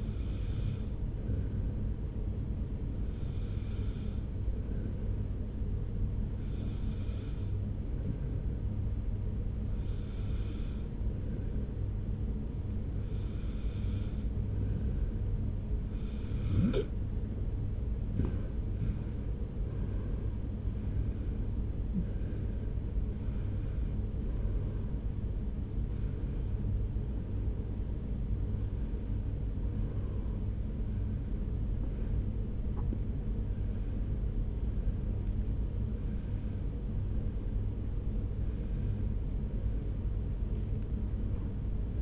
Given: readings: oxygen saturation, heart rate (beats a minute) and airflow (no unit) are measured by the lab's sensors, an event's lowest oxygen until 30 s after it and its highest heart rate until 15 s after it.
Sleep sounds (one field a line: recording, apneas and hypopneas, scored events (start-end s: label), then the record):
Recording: breathing in sleep by a smartphone at the bedside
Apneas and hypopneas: none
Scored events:
30.00-42.02 s: new sleep stage, N1 (lightest sleep)
From the record:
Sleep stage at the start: N2 (light sleep)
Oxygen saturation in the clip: 93 to 95%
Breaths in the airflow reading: 16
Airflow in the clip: -1.9 to 3.3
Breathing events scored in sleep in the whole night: 335 in 6.7 hours asleep